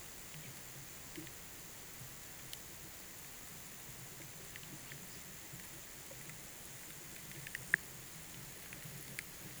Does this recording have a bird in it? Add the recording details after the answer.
no. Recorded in pastures near Puerto Asís, Putumayo, Colombia, on 30 June 2025 at 12:00. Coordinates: 0.486, -76.323. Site H29